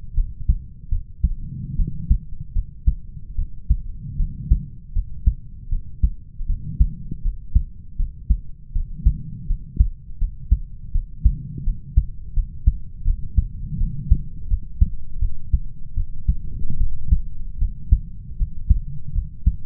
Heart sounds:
heart sounds by stethoscope; 79 bpm
0.14 s: heartbeat
0.89 s: heartbeat
1.76 s: heartbeat
2.53 s: heartbeat
3.35 s: heartbeat
4.16 s: heartbeat
4.93 s: heartbeat
5.69 s: heartbeat
6.46 s: heartbeat
7.22 s: heartbeat
7.96 s: heartbeat
8.72 s: heartbeat
9.46 s: heartbeat
10.18 s: heartbeat
10.92 s: heartbeat
11.64 s: heartbeat
12.33 s: heartbeat
13.04 s: heartbeat
13.77 s: heartbeat
14.47 s: heartbeat
15.19 s: heartbeat
15.95 s: heartbeat
16.78 s: heartbeat
17.58 s: heartbeat
18.37 s: heartbeat
19.13 s: heartbeat
From the record:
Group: healthy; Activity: rest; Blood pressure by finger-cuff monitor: 94/74 mmHg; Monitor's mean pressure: 79 mmHg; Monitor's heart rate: 80 bpm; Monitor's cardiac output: 5.5 L/min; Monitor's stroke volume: 69 mL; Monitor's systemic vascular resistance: 1050 dyn s/cm5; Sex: male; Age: 20 years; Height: 187 cm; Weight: 68.9 kg

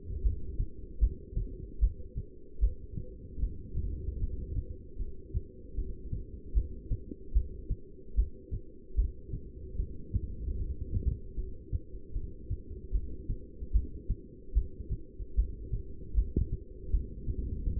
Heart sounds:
heart sounds by stethoscope; 76 bpm
0.23 s: heartbeat
1.00 s: heartbeat
1.80 s: heartbeat
2.61 s: heartbeat
3.41 s: heartbeat
4.20 s: heartbeat
4.98 s: heartbeat
5.76 s: heartbeat
6.54 s: heartbeat
7.34 s: heartbeat
8.16 s: heartbeat
8.96 s: heartbeat
9.77 s: heartbeat
10.58 s: heartbeat
11.36 s: heartbeat
12.14 s: heartbeat
12.93 s: heartbeat
13.73 s: heartbeat
14.54 s: heartbeat
15.36 s: heartbeat
16.15 s: heartbeat
16.91 s: heartbeat
17.65 s: heartbeat
From the record:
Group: heart failure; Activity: rest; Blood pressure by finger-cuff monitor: 193/116 mmHg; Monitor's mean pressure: 141 mmHg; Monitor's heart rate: 76 bpm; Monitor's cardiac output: 7.7 L/min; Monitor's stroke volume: 101 mL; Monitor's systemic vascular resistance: 1380 dyn s/cm5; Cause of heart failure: non-ischemic cardiomyopathy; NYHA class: 1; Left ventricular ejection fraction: 62%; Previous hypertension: present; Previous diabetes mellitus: present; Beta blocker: bisoprolol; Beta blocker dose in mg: 10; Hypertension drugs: sacubitril-valsartan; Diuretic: furosemide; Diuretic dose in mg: 20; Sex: male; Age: 49 years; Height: 167 cm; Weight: 110 kg

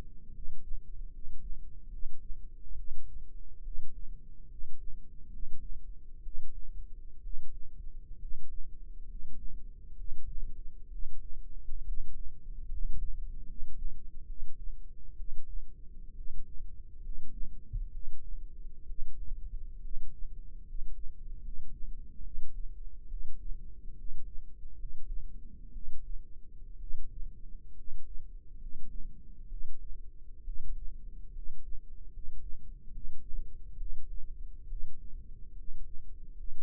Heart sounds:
heart sounds by microphone in the left ear; 68 bpm
0.29 s: heartbeat
1.07 s: heartbeat
1.86 s: heartbeat
2.72 s: heartbeat
3.59 s: heartbeat
4.45 s: heartbeat
5.27 s: heartbeat
6.19 s: heartbeat
7.18 s: heartbeat
8.16 s: heartbeat
9.03 s: heartbeat
9.92 s: heartbeat
10.86 s: heartbeat
11.81 s: heartbeat
12.65 s: heartbeat
13.41 s: heartbeat
14.23 s: heartbeat
15.13 s: heartbeat
16.11 s: heartbeat
16.98 s: heartbeat
17.88 s: heartbeat
18.83 s: heartbeat
19.78 s: heartbeat
20.61 s: heartbeat
21.38 s: heartbeat
22.19 s: heartbeat
23.05 s: heartbeat
23.92 s: heartbeat
24.73 s: heartbeat
25.69 s: heartbeat
26.75 s: heartbeat
27.71 s: heartbeat
28.54 s: heartbeat
29.45 s: heartbeat
30.41 s: heartbeat
31.29 s: heartbeat
32.07 s: heartbeat
32.89 s: heartbeat
33.74 s: heartbeat
34.64 s: heartbeat
35.52 s: heartbeat
36.31 s: heartbeat
From the record:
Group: healthy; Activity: rest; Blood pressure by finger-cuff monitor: 98/53 mmHg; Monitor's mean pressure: 62 mmHg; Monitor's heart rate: 69 bpm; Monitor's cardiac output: 7.6 L/min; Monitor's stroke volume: 111 mL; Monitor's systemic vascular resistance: 570 dyn s/cm5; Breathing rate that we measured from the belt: 16 breaths a minute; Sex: male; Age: 22 years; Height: 185 cm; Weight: 112.4 kg

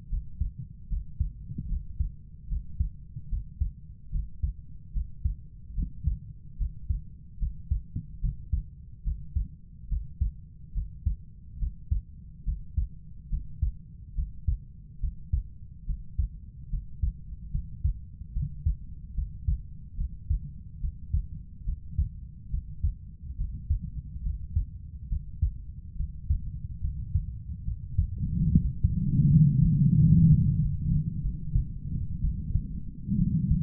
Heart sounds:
heart sounds by stethoscope; 73 bpm
0.10 s: heartbeat
0.89 s: heartbeat
1.69 s: heartbeat
2.49 s: heartbeat
3.30 s: heartbeat
4.12 s: heartbeat
4.94 s: heartbeat
5.75 s: heartbeat
6.58 s: heartbeat
7.39 s: heartbeat
8.21 s: heartbeat
9.04 s: heartbeat
9.89 s: heartbeat
10.74 s: heartbeat
11.59 s: heartbeat
12.45 s: heartbeat
13.30 s: heartbeat
14.16 s: heartbeat
15.01 s: heartbeat
15.87 s: heartbeat
16.71 s: heartbeat
17.52 s: heartbeat
18.34 s: heartbeat
19.15 s: heartbeat
19.98 s: heartbeat
20.81 s: heartbeat
21.66 s: heartbeat
22.51 s: heartbeat
23.38 s: heartbeat
24.24 s: heartbeat
25.10 s: heartbeat
25.97 s: heartbeat
26.82 s: heartbeat
27.65 s: heartbeat
28.51 s: heartbeat
29.29 s: heartbeat
29.98 s: heartbeat
30.59 s: heartbeat
31.22 s: heartbeat
32.22 s: heartbeat
33.17 s: heartbeat
From the record:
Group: healthy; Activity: Valsalva maneuver 0-29 s, rest 29-34 s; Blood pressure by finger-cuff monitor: 118/67 mmHg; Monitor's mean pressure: 84 mmHg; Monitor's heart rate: 72 bpm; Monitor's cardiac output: 6.5 L/min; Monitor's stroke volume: 91 mL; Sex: female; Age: 22 years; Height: 160 cm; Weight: 63 kg

